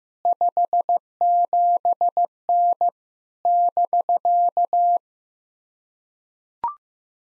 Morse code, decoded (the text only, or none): 57N <BK>